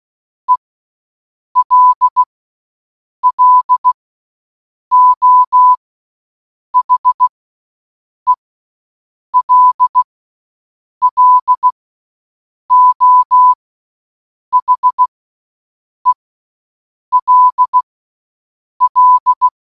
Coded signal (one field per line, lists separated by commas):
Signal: Morse code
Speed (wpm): 16 wpm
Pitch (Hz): 1000 Hz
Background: none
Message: ELLO HELLO HELL